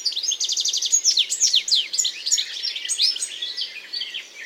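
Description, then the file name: European goldfinch giving a quick tinkling twitter of varied high notes, starting with a short rapid series and running into jumbled chattering phrases. "Carduelis carduelis"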